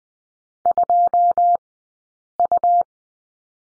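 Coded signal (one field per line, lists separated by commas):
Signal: Morse code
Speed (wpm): 20 wpm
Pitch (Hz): 700 Hz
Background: none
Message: 2U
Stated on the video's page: Morse code course lesson on the letter U, two-character practice, Farnsworth speed 20/10 wpm.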